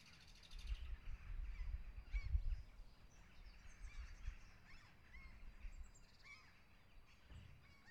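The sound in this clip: A flock of birds chatters continuously, with short upslurred chirps standing out over a steady low rumble.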